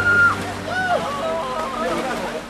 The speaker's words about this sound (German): Nach und nach gleiten die Kostümierten ins Wasser. Zuletzt der unerschrockene Deutsche, ausgestattet lediglich mit Badehose, Badekappe und einem stattlichen Bauch.